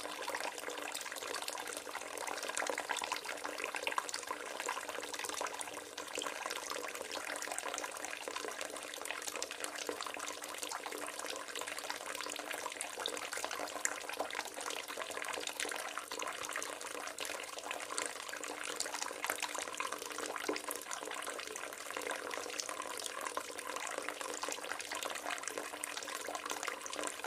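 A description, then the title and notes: Running water pours steadily, like a tap or a bath filling, with a dense, hissing rush that stays even for the whole stretch. The sound is bright, with almost nothing in the low end, and no other sounds break through. Running Water Part 2 - ASMR, Relax, Sleep, Study. The sound of running water.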